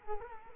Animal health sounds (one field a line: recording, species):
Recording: mosquito wingbeat signal from an infrared sensor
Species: Culex quinquefasciatus